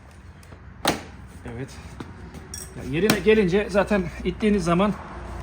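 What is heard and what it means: A plastic trim strip above the headlight of a 2024 Honda PCX scooter is handled and pressed toward its front fairing clips while a 79 cm clear front windscreen and deflector are being fitted. Brief plastic knocks sound around 0.9 s and 2.5 s as someone talks. The clip ends before the strip goes home, and nothing has seated or clicked yet.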